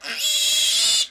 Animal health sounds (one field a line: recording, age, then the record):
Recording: pig call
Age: piglet (1 to 25 days)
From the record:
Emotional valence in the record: negative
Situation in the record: restrain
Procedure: sham castration, cut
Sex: male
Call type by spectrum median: high-frequency call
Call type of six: mixed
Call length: 1.10 s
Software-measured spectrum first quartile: 3501 Hz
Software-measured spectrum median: 4757 Hz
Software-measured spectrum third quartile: 7034 Hz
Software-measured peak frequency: 3307 Hz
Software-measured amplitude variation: 92 dB a second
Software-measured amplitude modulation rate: 19.5 a second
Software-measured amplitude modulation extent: 4.7 dB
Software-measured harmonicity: 2.4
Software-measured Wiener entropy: -2.08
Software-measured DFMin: 738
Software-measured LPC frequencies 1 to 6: 1831, 2807, 3362, 3930, 4840, 7173 Hz